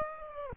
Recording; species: mosquito wingbeat signal from an infrared sensor; Aedes aegypti